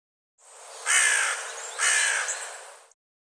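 Bird calling twice, two husky cawing notes close together.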